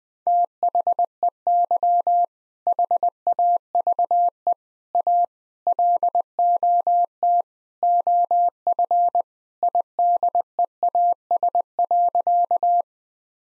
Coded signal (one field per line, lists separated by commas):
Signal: Morse code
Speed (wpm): 20 wpm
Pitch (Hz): 700 Hz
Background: none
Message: THEY HAVE A LOT OF IDEAS.